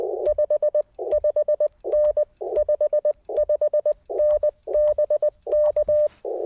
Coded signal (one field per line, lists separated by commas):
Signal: Morse code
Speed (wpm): 20 wpm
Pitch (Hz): 600 Hz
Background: none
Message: 5 5N 55N BK